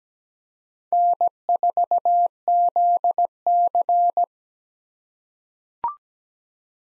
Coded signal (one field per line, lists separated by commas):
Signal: Morse code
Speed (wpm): 17 wpm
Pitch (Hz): 700 Hz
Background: none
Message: N4ZC